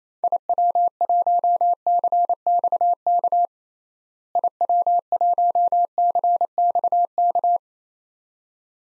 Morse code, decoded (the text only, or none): IW1CXK IW1CXK